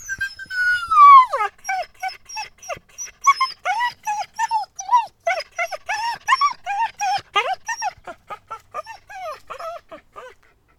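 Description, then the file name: Dog yelping: a long falling whine opens, followed by rapid repeated high yelps and yips continuing for about ten seconds before tapering off. "freesound Dogs Yelping"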